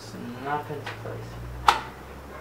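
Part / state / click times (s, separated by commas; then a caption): PC component (likely memory module) into motherboard slot / seated / 1.7 s. During a budget PC build, a component, likely a memory stick, is pressed into its slot on the motherboard while someone talks. A sharp single click sounds at 1.7 s as it seats into place.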